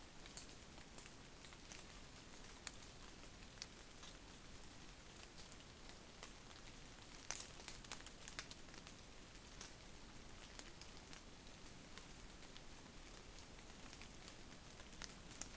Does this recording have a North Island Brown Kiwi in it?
no